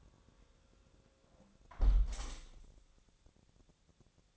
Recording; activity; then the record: daily activity, microphone in the room; close window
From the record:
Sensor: 3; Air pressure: 1000.4 hPa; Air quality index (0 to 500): 167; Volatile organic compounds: 3 ppm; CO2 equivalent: 1448 ppm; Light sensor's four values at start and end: 14/36/14/16 and 13/34/13/15